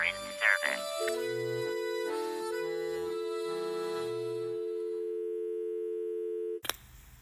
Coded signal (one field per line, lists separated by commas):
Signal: telephone call progress tone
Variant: North America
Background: speech, music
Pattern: dial tone